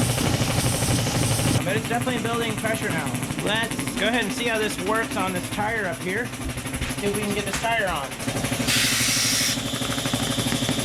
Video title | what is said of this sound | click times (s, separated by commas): Not bad for a free mower! Toro 38" Zero Turn Repairs - Part 2 - Garage Story | all right we're not seated here | none